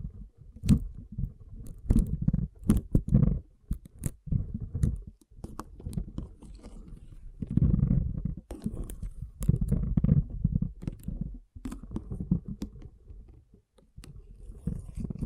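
Water beads shift and squish in soft low bursts, dense clusters broken by sharp clicks and brief pauses.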